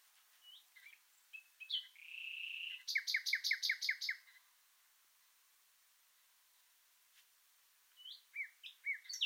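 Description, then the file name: Common nightingale song: short chirps, a steady sustained note, then a fast series of loud repeated notes, silence, and more sharp varied notes. "Luscinia megarhynchos"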